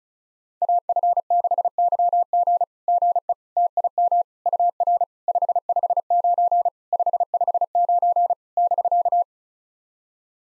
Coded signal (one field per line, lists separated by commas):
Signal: Morse code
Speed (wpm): 37 wpm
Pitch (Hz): 700 Hz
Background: none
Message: AF6YG GE TIM UR 559 559 <BK>